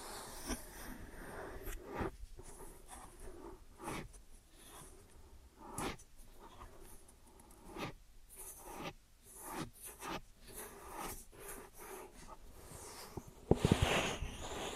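Rubbing and brushing sounds of an ear and scalp massage, with soft scratchy strokes arriving every second or so. Quiet pauses fall between the strokes, and a sharper, brighter scrape lands near the end.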